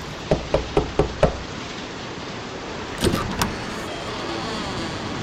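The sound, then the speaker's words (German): A heavy iron door knocker on a castle door strikes five times in a quick, even rhythm, followed after a pause by a couple of duller thuds, all over a steady background hiss. “Dort mit dem großen Eisen muss ich klopfen.”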